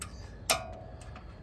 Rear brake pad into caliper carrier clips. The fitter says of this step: go click into place that one's in